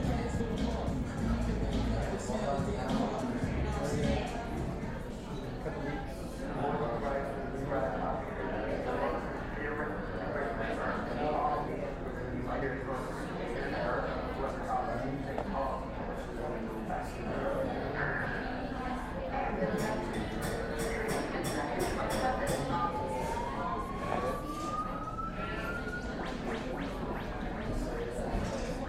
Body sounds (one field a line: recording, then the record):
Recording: background sound without coughing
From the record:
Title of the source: 60 minutes of coffee shop sounds for study and concentration